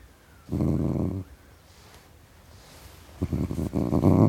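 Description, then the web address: Domestic cat giving a short low growl, a pause, then a rougher growl building at the end. Tom cat growling. "BBC Cats Growling"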